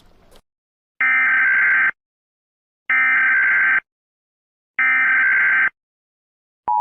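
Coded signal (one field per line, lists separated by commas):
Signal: Emergency Alert System (SAME) tones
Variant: header bursts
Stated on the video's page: Fictional EAS scenario with horror elements and sirens.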